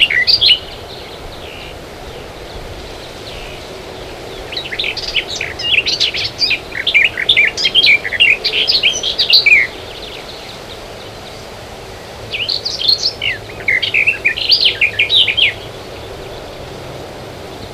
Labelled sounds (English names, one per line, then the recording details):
Garden Warbler song
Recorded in the wild
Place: Clausthal-Zellerfeld, Oberharz, Niedersachsen, DE
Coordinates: 51.78, 10.33
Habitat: forest
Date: 1985-06-09
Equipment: Sony WM-D6C, Big Ear
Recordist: Skiba, Reinald
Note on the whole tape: Buntenbrock